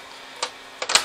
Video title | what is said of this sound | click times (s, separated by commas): Proper Cleaning & Repair PS5 Model CFI-1015B | push down it clicks right into place easy as pie | 1.0 s